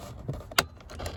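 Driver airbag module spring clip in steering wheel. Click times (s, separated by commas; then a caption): 0.6 s. With the steering wheel of an Audi A3/S3/RS3 turned the other way, a screwdriver pries against the second spring clip holding the driver airbag module. Amid quiet low rustling, the clip releases with a sharp click at 0.6 s, followed by a second, fainter click at 1.2 s. That side of the airbag module comes free.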